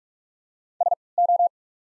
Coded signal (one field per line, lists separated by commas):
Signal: Morse code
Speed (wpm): 44 wpm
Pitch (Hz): 700 Hz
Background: none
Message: SO